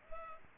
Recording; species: mosquito wingbeat signal from an infrared sensor; Culex pipiens